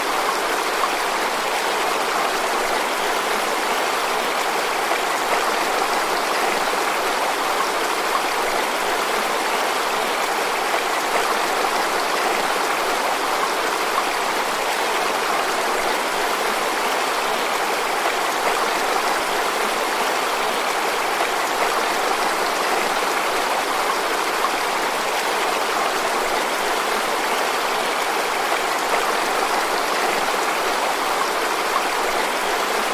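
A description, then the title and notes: A gentle stream flows steadily throughout, a dense, even hiss of bright splashing water with little low rumble and no distinct events. Calming Flowing Stream: Relaxing Nature Sounds. The sound of a gentle flowing stream.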